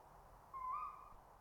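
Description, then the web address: Tawny owl giving a single smooth hoot, slightly rising in pitch and lasting about half a second, over a steady background hiss. "Animaux Chouette hulotte"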